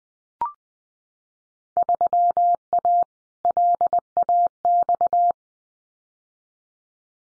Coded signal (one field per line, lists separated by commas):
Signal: Morse code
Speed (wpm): 20 wpm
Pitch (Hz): 700 Hz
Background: none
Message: 3A LAX